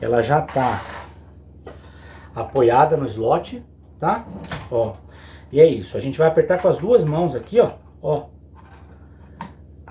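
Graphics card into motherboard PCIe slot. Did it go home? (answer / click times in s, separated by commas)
yes / 9.4 s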